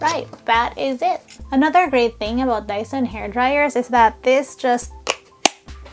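A diffuser attachment is put onto the nozzle of a Dyson hair dryer and held by a magnet while someone talks. A sharp snap at 5.5 s marks the attachment seating magnetically.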